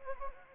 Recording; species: mosquito wingbeat signal from an infrared sensor; Anopheles gambiae